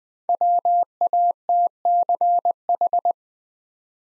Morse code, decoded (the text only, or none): WATCH